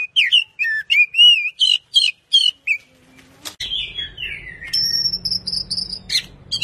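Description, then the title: Oriental magpie-robin song: a quick series of bright, looping whistles, a brief pause, then a descending slurred phrase and a steady high whistle over a low rumble. "Kacer"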